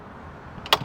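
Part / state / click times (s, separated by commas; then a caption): board rack clamp on a boat tower rack / seated / 0.7 s. On a 2025 MasterCraft NXT20, a wakeboard rack clamp on the boat tower is cranked shut to hold the boards in. A faint tick at 0.7 s comes just before a sharp, bright clamp hit at 0.7 s over a low background hum. The clamp closes and seats at 0.7 s.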